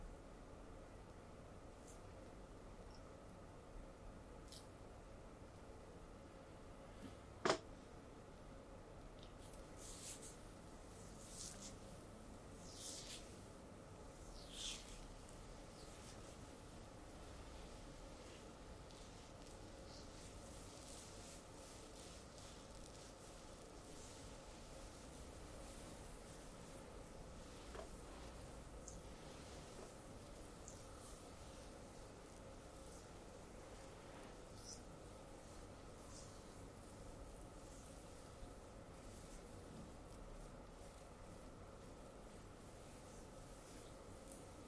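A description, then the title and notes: Dry brushing during a full body massage, a soft continuous scratchy bristle sound with short brighter swishes every second or two. The level stays even throughout, over a low steady hum, with one sharp click just past seven seconds. ASMR full body massage with dry brush. Back, foot, neck massage.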